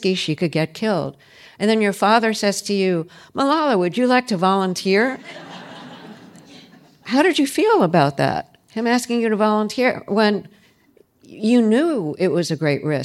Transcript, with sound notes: she could get killed. And then your father says to you, Malala, would you like to volunteer?
(LAUGHTER)
How did you feel about that? Him asking you to volunteer when you knew it was a great risk?